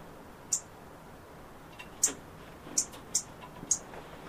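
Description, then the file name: European robin giving five thin, high-pitched ticks at uneven intervals, each clipped and bright against low hiss. "Erithacus rubecula"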